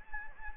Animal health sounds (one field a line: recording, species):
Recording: mosquito wingbeat signal from an infrared sensor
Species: Anopheles gambiae